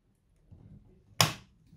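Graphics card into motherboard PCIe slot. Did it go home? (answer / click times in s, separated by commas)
yes / 1.2 s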